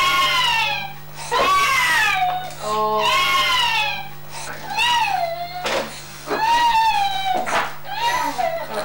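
Very high-pitched, thin infant cry in short repeated wails, a mewing cry typical of cri du chat syndrome.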